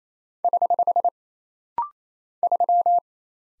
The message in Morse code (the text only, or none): <HH> 3